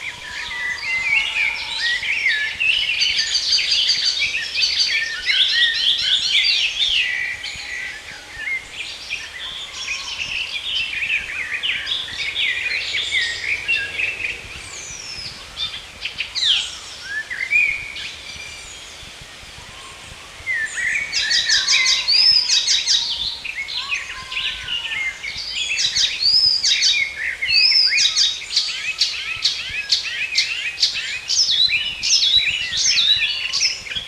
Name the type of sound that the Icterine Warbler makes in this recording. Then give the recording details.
song. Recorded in the wild. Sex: male. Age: adult. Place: Putbus, Schloßpark, Insel Rügen, Mecklenburg-Vorpommern, DE. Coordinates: 54.3511, 13.4736. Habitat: park. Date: 1979-06-22 11:12. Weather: sunny, 24°C, light winds. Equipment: ITT Schaub-Lorenz Studio Recorder 72, Verstärker, Sennheiser MD 421 HL, Kopie Uher 4200 Report. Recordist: Tembrock, Günter